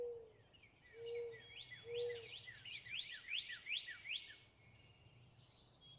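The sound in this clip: Northern cardinal song: a fast series of downslurred whistled notes repeated through the middle, with low hooting notes early on and other birds chirping.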